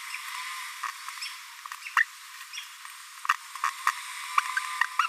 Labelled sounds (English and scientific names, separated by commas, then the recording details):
Green-rumped Parrotlet (Forpus passerinus) babbling
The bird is a male
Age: 22 days
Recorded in a nest box in Venezuela
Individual 17B42A3